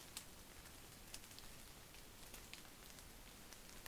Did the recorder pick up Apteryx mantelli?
no